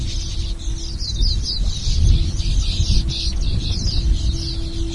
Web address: streaked weaver bird call